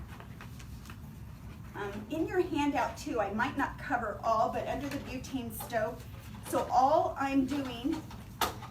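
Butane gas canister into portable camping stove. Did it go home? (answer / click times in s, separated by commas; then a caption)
yes / 8.4 s. A metal butane gas canister is inserted into the compartment of a portable butane camping stove while someone talks. Near the end, a single sharp hit at 8.4 s marks the canister locking into place.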